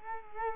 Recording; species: mosquito wingbeat signal from an infrared sensor; Culex quinquefasciatus